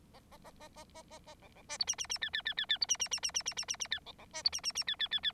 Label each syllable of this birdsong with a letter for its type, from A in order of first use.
A A A A A A A A B B C D E E E F F F F F D E E E E E E E E E F B B C D E E E F F F F